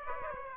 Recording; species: mosquito wingbeat signal from an infrared sensor; Aedes aegypti